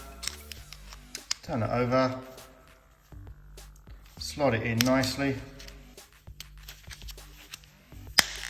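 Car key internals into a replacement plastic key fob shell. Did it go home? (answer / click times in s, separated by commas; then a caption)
yes / 8.2 s. Someone talks over background music while fitting a damaged VW car key's internals into a replacement plastic key fob shell, with small plastic handling ticks and taps along the way. The shell is pressed together and snaps shut with a sharp, loud click at 8.2 s, and the fob is seated closed.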